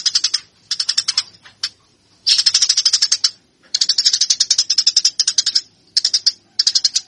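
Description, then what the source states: Eurasian tree sparrow gives repeated bursts of fast, piercing chirps, several notes per burst, alternating with short quiet breaks. Fighting (tarung) style; master recording.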